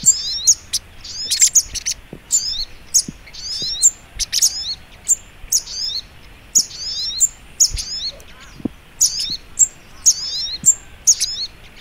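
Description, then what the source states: Little spiderhunter singing high, squeaky chirps and fast slurred twitters in a steady, lively series over quiet background ticks. Training recording (masteran) of the sogok ontong song style called labaik.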